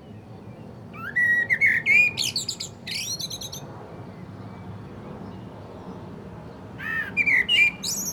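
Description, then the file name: Common blackbird singing two phrases, each a mellow fluted warble that rises into a thin, scratchy high twitter, separated by a few seconds of quiet background hiss. "Turdus merula"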